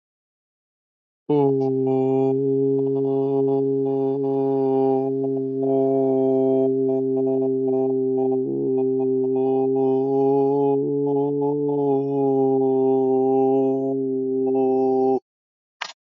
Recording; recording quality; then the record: sustained vowel as in boot; excellent, no background noise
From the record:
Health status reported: healthy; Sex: male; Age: 26 years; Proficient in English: yes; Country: India